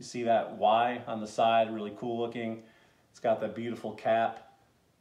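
A cologne bottle's fragrance cap is being handled while someone talks throughout. The cap is meant to click off and snap back into place on the perfume bottle, but nothing has seated or clicked yet.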